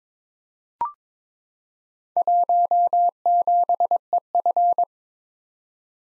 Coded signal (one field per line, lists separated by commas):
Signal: Morse code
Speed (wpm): 22 wpm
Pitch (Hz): 700 Hz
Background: none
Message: 17EF